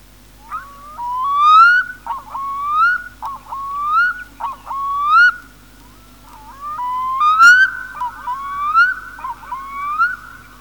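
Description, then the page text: Black-throated loon song, a series of rising whistled phrases, each sliding upward and repeated in quick succession. "Голоса птиц - Чернозобая гагара"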